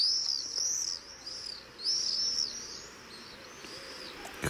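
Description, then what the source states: Common swift screaming, high shrill trilled calls in several bursts, some louder and some fainter. Replayed on radio; called a beautiful sound.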